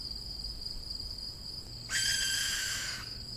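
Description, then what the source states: Barn owl chick's hoarse hiss bursting in near the end and lasting about a second, over a continuous shrill insect trill. Young birds.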